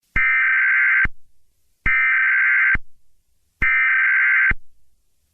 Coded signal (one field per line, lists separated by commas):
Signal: Emergency Alert System (SAME) tones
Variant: header bursts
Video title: MY FIRST EVER EMERGENCY ALERT SYSTEM SCENARIO! (NUCLEAR ATTACK)